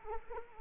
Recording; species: mosquito wingbeat signal from an infrared sensor; Anopheles arabiensis